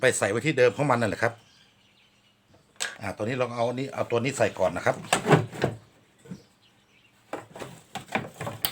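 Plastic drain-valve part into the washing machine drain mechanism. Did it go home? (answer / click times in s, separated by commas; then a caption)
no / none. A plastic drain-valve part is being fitted back into the drain mechanism of a Panasonic semi-automatic washing machine that is being repaired because it won't drain. Someone talks between sharp handling knocks and taps, with a cluster of short clicks from 7.3 s to the end. Nothing has seated or clicked into place yet.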